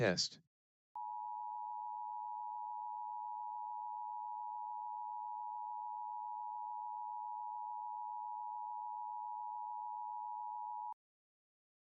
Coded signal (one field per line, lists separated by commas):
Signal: Emergency Alert System (SAME) tones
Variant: 853 and 960 Hz attention tone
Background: speech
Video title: LIVE AM/MW DX: DX Central Live - S. 4, Ep. 7 | Friday, February 23, 2024